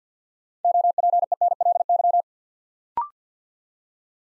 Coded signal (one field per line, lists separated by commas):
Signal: Morse code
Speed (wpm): 50 wpm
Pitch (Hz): 700 Hz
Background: none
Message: OPENLY